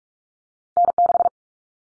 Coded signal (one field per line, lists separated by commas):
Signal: Morse code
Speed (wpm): 44 wpm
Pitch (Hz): 700 Hz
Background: none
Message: N6